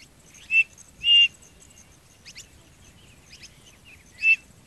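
Bird calls: a few short high whistled notes, one slightly longer, spaced irregularly over faint background hiss.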